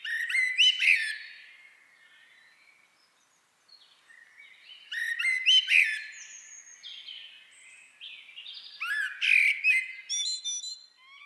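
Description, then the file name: Eurasian blackbird calls: three separate bursts of harsh chattering notes, each followed by thin, high squeaky twitters. "Turdus merula"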